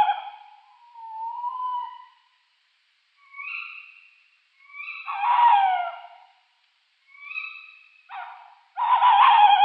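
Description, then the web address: Tawny owl calls: low wavering hoots alternate with harsher, higher cries and a rough, noisy burst, spaced irregularly over several seconds. A pair of tawny owls in display. "Schulze Peter Tawny Owl pair display"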